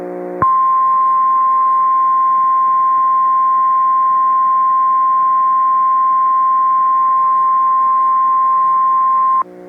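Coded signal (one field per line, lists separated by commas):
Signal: Emergency Alert System (SAME) tones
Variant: 1050 Hz attention tone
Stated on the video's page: Flash Flood Warnings from a weather service office relayed by FM stations; one recorded from a station's website live stream, the other via the TuneIn app on a Roku to a Zoom H1 recorder.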